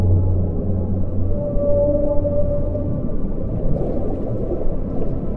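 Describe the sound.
Whale song: a deep hum with a brief higher whine and a short mid-pitched tone over it, then rushing underwater noise.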